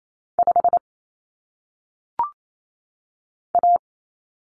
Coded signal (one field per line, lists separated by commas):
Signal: Morse code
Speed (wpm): 28 wpm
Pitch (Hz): 700 Hz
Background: none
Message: 5 A